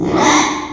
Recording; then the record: squeal of a Yucatan mini pig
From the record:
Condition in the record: after surgery on the right vocal fold (resection and tissue-engineered implant); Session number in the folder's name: 3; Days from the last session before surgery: 33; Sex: male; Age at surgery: 12 weeks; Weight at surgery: 13 kg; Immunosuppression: cyclosporine, prednisolone